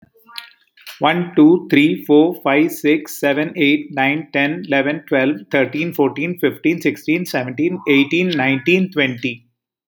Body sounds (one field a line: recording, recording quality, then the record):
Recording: counting at a fast pace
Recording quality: moderate, slight background noise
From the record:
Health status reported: healthy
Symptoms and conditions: diabetes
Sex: male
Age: 63 years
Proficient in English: yes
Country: India